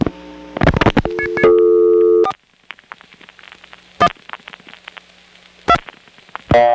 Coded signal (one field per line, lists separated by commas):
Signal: DTMF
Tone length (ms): 70 ms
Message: 4 1 2